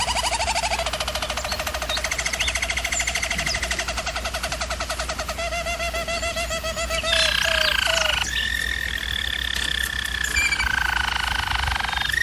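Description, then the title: German Roller canary song, fast pulsed rolls shifting through several pitches, then smoother held tones, over a steady low hum. German Roller canary singing, for canary training. "German Roller Canary Singing - Canary Training Vid"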